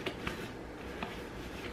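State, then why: Not seated. The front flap of a ZÜCA Sport rolling bag for ice skates is lowered so its magnetic snap meets the catch on the bag body. Small taps are heard at about 0.1, 0.3 and 1.0 seconds, followed by a sharper knock at 1.7 seconds, with no clear snap. The magnetic snap does not click into place; nothing has seated.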